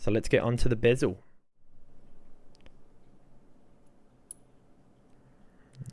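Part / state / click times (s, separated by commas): watch bezel onto watch case / seated / 4.3 s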